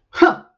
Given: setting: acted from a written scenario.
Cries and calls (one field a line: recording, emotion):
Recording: vocal sound without words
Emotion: anger